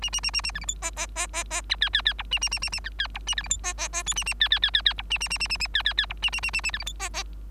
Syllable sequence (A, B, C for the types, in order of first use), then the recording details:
A A A A A B C D E E E E E F G G G H A A A A A F G H A B C D E E E I A A G G G G G H A A A A A A G G G H A A A A A B C D E E. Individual Bird3